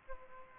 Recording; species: mosquito wingbeat signal from an infrared sensor; Aedes aegypti